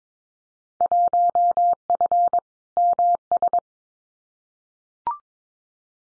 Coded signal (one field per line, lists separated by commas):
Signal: Morse code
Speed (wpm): 22 wpm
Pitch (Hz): 700 Hz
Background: none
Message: 1F MS